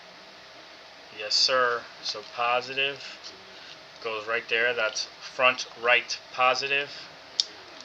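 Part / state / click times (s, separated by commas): crimped wire terminal into car audio harness connector / seated / 7.4 s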